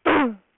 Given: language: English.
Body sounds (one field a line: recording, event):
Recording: throat vibration sensor signal played as sound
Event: throat clearing